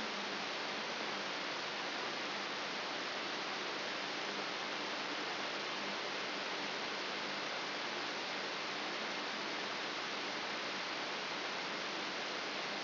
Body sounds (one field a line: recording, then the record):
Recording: brain microelectrode recording played as sound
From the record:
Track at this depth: inside the subthalamic nucleus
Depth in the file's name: 2.904 mm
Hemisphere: left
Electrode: 3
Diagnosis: Parkinson's disease